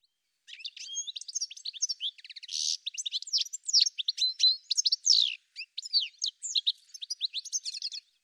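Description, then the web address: Bird singing almost continuously, with a long, varied stream of high chirps, whistled slurs and buzzy trills and only brief breaks. "cianscape birddata"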